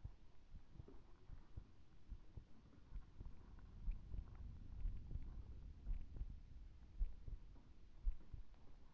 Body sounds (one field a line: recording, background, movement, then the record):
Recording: deep breathing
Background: quiet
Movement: sitting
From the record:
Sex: male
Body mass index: 20.5 kg/m2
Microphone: on the chest, facing the body